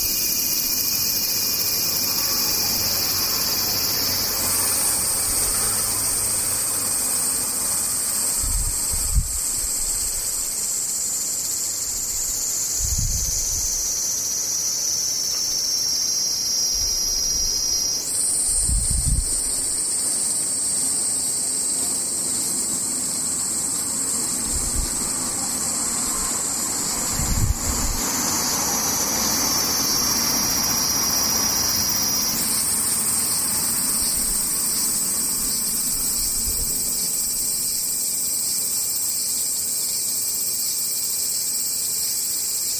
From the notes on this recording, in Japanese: セミ